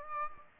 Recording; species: mosquito wingbeat signal from an infrared sensor; Aedes aegypti